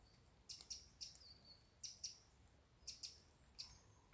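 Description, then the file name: Eurasian wren giving hard, high clicks, some in quick pairs, at irregular intervals, with a few thin drawn-out notes between, over low background noise. "Troglodytes troglodytes"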